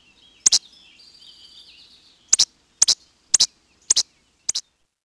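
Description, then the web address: Least flycatcher giving crisp, abrupt two-part notes, one early and then five more in a steady series, over a faint, thin bird twitter. "Peterson North American Birds. lefl"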